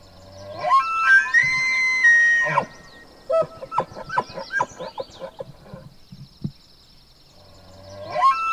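Elk bugle, a clear high whistle held for over a second and followed by a quick series of chuckling grunts; a second bugle begins rising at the very end.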